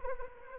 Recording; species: mosquito wingbeat signal from an infrared sensor; Anopheles arabiensis